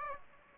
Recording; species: mosquito wingbeat signal from an infrared sensor; Aedes aegypti